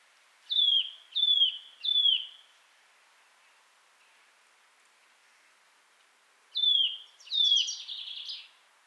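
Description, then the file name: Eurasian nuthatch giving loud downslurred whistled calls, three in quick succession, a pause of several seconds, then another call followed by a harsher, buzzier burst. "Sitta europaea"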